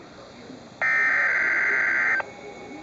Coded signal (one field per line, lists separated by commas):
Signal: Emergency Alert System (SAME) tones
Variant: header bursts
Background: speech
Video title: Severe Thunderstorm Warning (EAS #586)